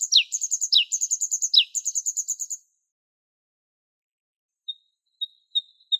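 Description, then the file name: Bluethroat song: quick descending notes mixed with rapid high tinkling trills, then silence and a few soft thin notes. "Luscinia svecica"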